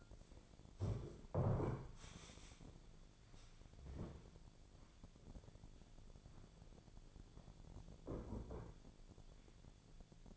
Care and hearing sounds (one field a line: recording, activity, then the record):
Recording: daily activity, microphone in the room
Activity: stand up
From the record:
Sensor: 5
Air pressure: 1008.2 hPa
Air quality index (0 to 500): 154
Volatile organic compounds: 3 ppm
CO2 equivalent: 1481 ppm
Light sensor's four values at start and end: 59/165/64/64 and 59/165/64/64